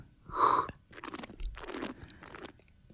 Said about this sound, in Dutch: Ik ga hem nu proeven. Sorry voor het geslurp.